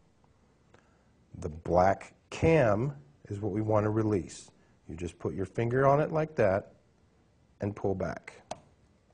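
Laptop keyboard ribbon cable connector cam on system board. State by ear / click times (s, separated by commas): released / 8.5 s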